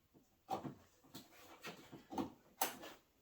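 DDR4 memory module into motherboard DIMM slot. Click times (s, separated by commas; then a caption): 2.6 s. A Mushkin DDR4 memory stick is pressed into a DIMM slot on an ASUS ROG motherboard as part of a 16 to 64 GB upgrade. A few soft pressing and shuffling sounds lead up to a sharp click at 2.6 s. The first module is seated in its slot.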